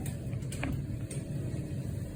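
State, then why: Seated. A surgical drill attachment from the base tray of a Smith and Nephew FAN Nail set, used for a subtrochanteric fracture, is fitted into a surgical power drill by pulling its collar back and letting it lock in place. Over a steady low hum, soft handling knocks come at about 0.1, 0.5 and 1.1 s, with one sharp, very short click at 0.6 s. That click is the collar locking in and the attachment seating.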